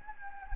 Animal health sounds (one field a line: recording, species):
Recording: mosquito wingbeat signal from an infrared sensor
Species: Anopheles gambiae